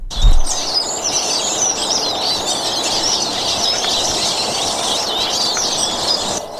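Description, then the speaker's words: Eurasian Siskin song: a continuous high, rapid twittering and wheezy chatter over steady background noise. "Eh bien, nous écoutons tout de suite le chant du Tarin des Aulnes."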